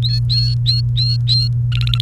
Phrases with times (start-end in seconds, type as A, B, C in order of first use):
0.02-1.48 A, 1.72-2.01 B